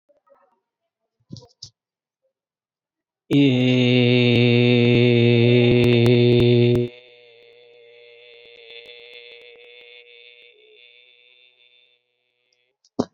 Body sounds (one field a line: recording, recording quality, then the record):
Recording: sustained vowel as in made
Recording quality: excellent, no background noise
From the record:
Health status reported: COVID-19 positive, mild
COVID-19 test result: positive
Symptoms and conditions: breathing difficulty, fever, loss of smell and taste, diabetes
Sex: male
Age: 42 years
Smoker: not ticked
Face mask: not worn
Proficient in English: yes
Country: India